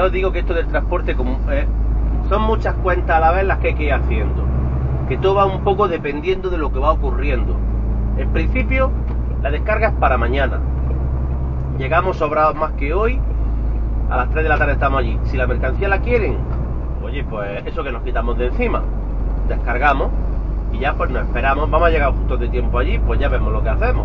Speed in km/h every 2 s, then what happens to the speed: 30, 33, 36, 40, 42, 47, 52, 55, 58, 60, 62, 63.
0-24 speeds up to 63.